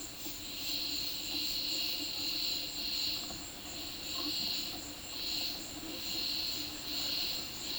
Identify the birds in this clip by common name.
none